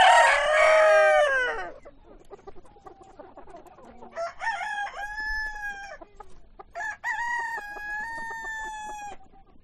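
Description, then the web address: Chickens crowing: a loud rough crow opens, followed by two more long roosters' crows with held flat notes, with soft clucking between them. Hens and roosters at a poultry farm. "granja avicola sonidos de gallinas y gallos"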